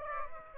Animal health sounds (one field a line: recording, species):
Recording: mosquito wingbeat signal from an infrared sensor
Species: Aedes aegypti